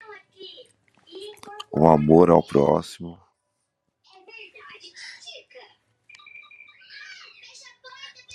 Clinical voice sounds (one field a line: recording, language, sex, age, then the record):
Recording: spoken sentence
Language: Brazilian Portuguese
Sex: male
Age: 40 to 49 years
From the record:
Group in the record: control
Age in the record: 41 years